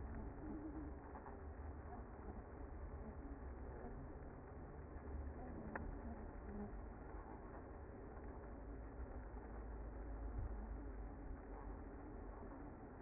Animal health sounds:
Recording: honeybee colony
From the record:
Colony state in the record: active

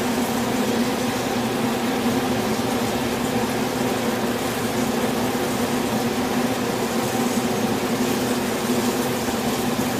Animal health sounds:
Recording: honeybee colony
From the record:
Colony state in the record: swarm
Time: day

